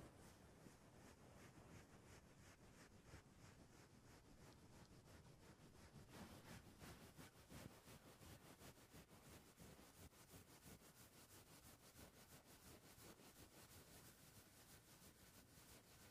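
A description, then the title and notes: A microphone being touched and rubbed, a dense steady scraping rustle with rapid regular ticks, slightly rougher and louder around six seconds. Mic touching.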